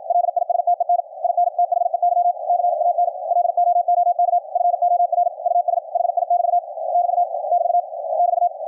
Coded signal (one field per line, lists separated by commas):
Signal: Morse code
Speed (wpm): 56 wpm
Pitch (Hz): 700 Hz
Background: radio noise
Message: LISTEN IN THEY CAN LOOK FOR US HI <BT> <BT> <BT> <BT>